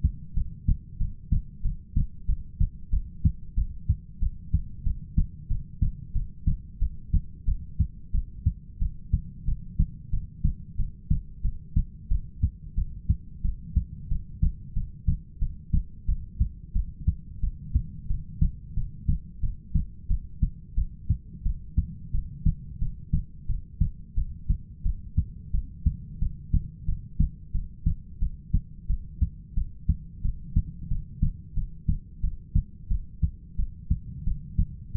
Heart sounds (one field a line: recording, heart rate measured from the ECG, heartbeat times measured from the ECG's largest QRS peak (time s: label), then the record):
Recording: heart sounds by stethoscope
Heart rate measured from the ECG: 90 bpm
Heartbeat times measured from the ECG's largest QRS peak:
0.35 s: heartbeat
0.99 s: heartbeat
1.63 s: heartbeat
2.27 s: heartbeat
2.91 s: heartbeat
3.56 s: heartbeat
4.21 s: heartbeat
4.85 s: heartbeat
5.49 s: heartbeat
6.14 s: heartbeat
6.80 s: heartbeat
7.46 s: heartbeat
8.13 s: heartbeat
8.80 s: heartbeat
9.46 s: heartbeat
10.12 s: heartbeat
10.78 s: heartbeat
11.43 s: heartbeat
12.10 s: heartbeat
12.76 s: heartbeat
13.43 s: heartbeat
14.10 s: heartbeat
14.75 s: heartbeat
15.40 s: heartbeat
16.07 s: heartbeat
16.74 s: heartbeat
17.42 s: heartbeat
18.09 s: heartbeat
18.75 s: heartbeat
19.42 s: heartbeat
20.09 s: heartbeat
20.76 s: heartbeat
21.44 s: heartbeat
22.13 s: heartbeat
22.80 s: heartbeat
23.48 s: heartbeat
24.16 s: heartbeat
24.84 s: heartbeat
25.53 s: heartbeat
26.20 s: heartbeat
26.87 s: heartbeat
27.53 s: heartbeat
28.20 s: heartbeat
28.88 s: heartbeat
29.55 s: heartbeat
30.23 s: heartbeat
30.89 s: heartbeat
31.55 s: heartbeat
32.22 s: heartbeat
32.89 s: heartbeat
33.57 s: heartbeat
34.25 s: heartbeat
34.93 s: heartbeat
From the record:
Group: heart failure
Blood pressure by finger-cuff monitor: 103/66 mmHg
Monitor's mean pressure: 79 mmHg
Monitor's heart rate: 91 bpm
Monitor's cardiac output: 7.7 L/min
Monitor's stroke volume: 84 mL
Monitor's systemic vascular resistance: 740 dyn s/cm5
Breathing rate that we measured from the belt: 15 breaths a minute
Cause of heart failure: ischemic heart disease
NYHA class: 1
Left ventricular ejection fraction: 38%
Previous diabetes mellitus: present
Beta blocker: bisoprolol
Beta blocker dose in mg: 15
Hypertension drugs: sacubitril-valsartan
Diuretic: furosemide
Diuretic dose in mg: 20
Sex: male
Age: 33 years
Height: 172 cm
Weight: 78.5 kg